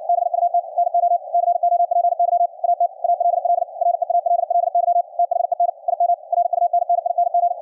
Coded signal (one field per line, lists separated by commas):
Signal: Morse code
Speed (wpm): 63 wpm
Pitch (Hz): 700 Hz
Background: radio noise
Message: BUT NO COPY AT ALL REALLY THEN IM RUNNING